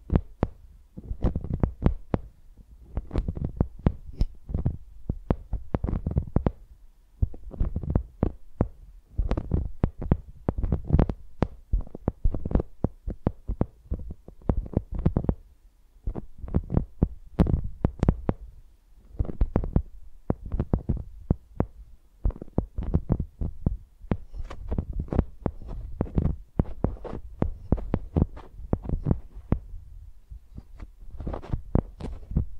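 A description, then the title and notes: A microphone scrapes and taps like a pencil, making dense bursts of deep, booming thuds with brief pauses every few seconds. Using Mics as Pencils (No Talking).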